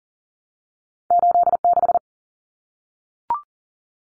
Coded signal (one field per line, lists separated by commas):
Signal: Morse code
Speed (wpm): 40 wpm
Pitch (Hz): 700 Hz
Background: none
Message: 86